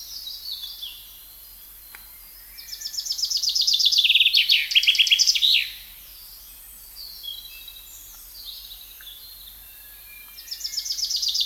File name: Fringilla coelebs